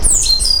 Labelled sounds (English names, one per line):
Stitchbird song